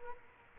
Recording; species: mosquito wingbeat signal from an infrared sensor; Culex quinquefasciatus